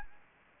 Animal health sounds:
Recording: mosquito wingbeat signal from an infrared sensor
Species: Anopheles gambiae

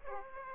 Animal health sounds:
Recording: mosquito wingbeat signal from an infrared sensor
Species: Aedes aegypti

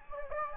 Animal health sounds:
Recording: mosquito wingbeat signal from an infrared sensor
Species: Anopheles gambiae

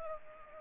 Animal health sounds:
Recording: mosquito wingbeat signal from an infrared sensor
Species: Culex pipiens

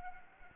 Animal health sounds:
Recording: mosquito wingbeat signal from an infrared sensor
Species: Anopheles arabiensis

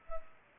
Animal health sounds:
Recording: mosquito wingbeat signal from an infrared sensor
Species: Culex pipiens

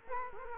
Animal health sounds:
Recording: mosquito wingbeat signal from an infrared sensor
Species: Culex quinquefasciatus

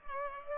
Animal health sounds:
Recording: mosquito wingbeat signal from an infrared sensor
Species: Culex pipiens

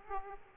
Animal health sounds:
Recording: mosquito wingbeat signal from an infrared sensor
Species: Aedes aegypti

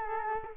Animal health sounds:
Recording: mosquito wingbeat signal from an infrared sensor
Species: Culex quinquefasciatus

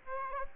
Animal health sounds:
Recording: mosquito wingbeat signal from an infrared sensor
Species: Aedes aegypti

